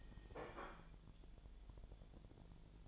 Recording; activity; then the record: daily activity, microphone in the room; place plate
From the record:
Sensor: 5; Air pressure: 1009.5 hPa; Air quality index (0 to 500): 169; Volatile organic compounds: 4 ppm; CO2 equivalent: 1639 ppm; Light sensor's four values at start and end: 97/258/105/111 and 97/258/105/111